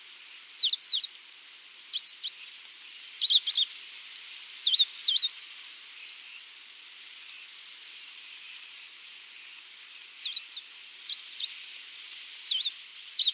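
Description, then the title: Coal-crested finch repeating quick groups of high, bent chip notes at short intervals, pausing for several seconds midway before starting again. "LuckyPassaro Completos2Sama. Coal-crested Finch (Charitospiza eucosma)"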